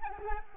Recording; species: mosquito wingbeat signal from an infrared sensor; Anopheles arabiensis